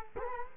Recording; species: mosquito wingbeat signal from an infrared sensor; Culex quinquefasciatus